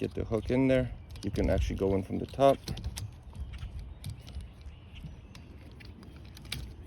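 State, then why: Seated. Someone talks while a new windshield wiper blade is hooked onto the J-hook of an SUV's wiper arm from the top, followed by a few light plastic handling clicks. The blade is pushed until it snaps into place with a sharp click at 6.5 s, seating it on the arm.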